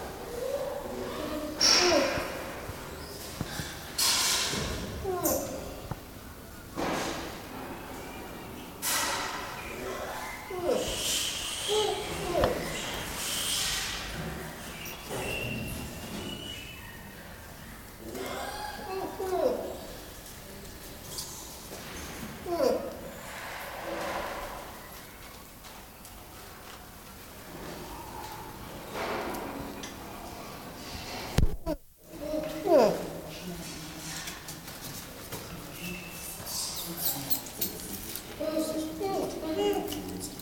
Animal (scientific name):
Macaca silenus